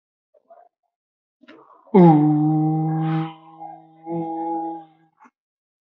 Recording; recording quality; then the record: sustained vowel as in boot; excellent, no background noise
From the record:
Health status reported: respiratory illness, not identified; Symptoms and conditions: asthma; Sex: male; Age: 21 years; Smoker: not ticked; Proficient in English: yes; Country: India